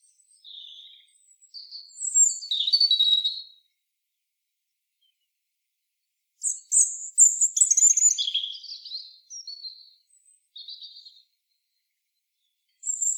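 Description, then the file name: European robin singing high, sweet warbled phrases mixing thin whistles and quick trills, two main bursts separated by a few seconds of silence. "Erithacus rubecula"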